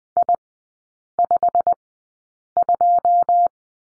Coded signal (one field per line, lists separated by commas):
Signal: Morse code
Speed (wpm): 20 wpm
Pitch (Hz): 700 Hz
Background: none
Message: I52